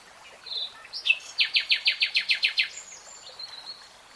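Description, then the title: Nightingale song: a couple of whistled notes, then a series of loud, evenly spaced buzzy downstrokes, then faint high whistles. Real-time recording. "[Tiếng chim hót] Nightingale Singing"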